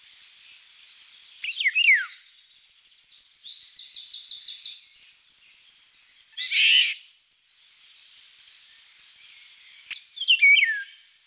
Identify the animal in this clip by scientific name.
Oriolus oriolus